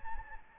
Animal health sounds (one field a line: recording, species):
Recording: mosquito wingbeat signal from an infrared sensor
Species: Anopheles gambiae